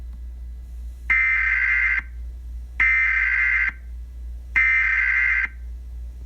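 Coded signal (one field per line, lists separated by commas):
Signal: Emergency Alert System (SAME) tones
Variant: header bursts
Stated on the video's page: Fake scenario containing valid EAS tones.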